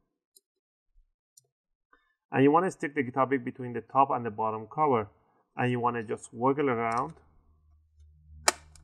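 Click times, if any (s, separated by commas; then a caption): 8.5 s. Someone talks while a guitar pick is worked between the top and bottom cover of a Dell XPS 12 9Q23 laptop to pry the plastic clips open for a battery replacement. A sharp click sounds at 8.5 s as the bottom cover clips pop open and release from the chassis.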